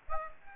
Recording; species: mosquito wingbeat signal from an infrared sensor; Aedes aegypti